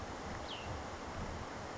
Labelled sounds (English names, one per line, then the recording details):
Cassin's Vireo
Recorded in Sonoma County, California